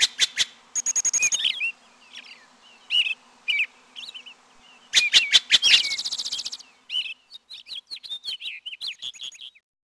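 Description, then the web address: Bird calling with sharp clicks and rattles, short whistled notes around high pitch, and a buzzy trill, in irregular bursts with pauses. "Peterson North American Birds"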